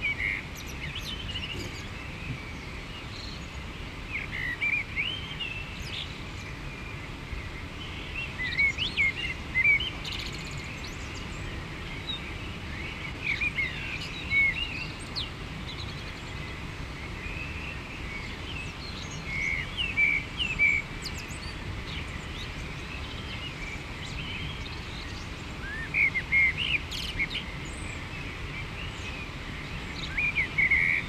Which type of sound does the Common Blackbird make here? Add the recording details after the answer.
song. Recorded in the wild. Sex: male. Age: adult. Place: Garmisch-Partenkirchen, Bayern, DE. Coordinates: 47.4917, 11.0789. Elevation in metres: 703. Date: 1969-04-12. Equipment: Uher 4000, Sennheiser MKH 405. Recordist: Tretzel, Erwin